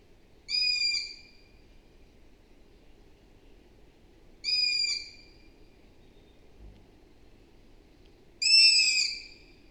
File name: Hibou moyen-duc - Asio otus